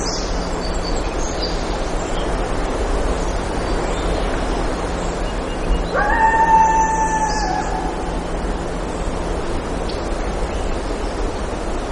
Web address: alaska acoustic highlights MAMMALS LACLCHBA 20180703 Coyotes